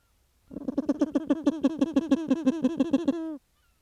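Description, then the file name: Grey petrel call: a fast run of many low, throaty pulsed notes, ending in a short held nasal note that cuts off sharply. "Philippe Lambret - P trel gris"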